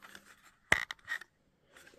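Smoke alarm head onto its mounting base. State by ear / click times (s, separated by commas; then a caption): seated / 0.7 s. A Prosafe photoelectric smoke alarm for a main bedroom is pushed one-handed onto its ceiling/wall mounting base, with soft scraping and handling rustle before it. A sharp plastic click at 0.7 s marks the body seating home on the base, followed by a smaller tap at 0.9 s and brief scuffs, then faint rustling. The alarm is seated on its base.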